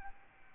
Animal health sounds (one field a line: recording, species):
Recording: mosquito wingbeat signal from an infrared sensor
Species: Aedes albopictus